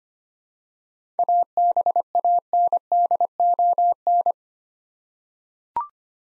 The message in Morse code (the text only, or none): ABANDON